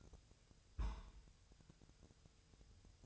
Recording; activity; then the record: daily activity, microphone in the room; place on stove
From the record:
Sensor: 2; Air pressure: 999.2 hPa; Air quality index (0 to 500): 195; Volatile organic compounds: 27 ppm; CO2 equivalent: 2884 ppm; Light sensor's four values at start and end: 6/15/6/6 and 6/15/6/6